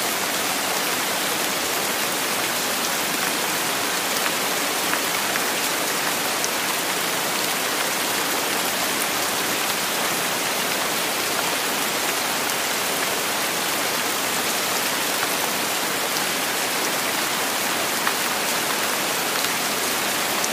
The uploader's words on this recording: Tropical Rain. Steady rainfall.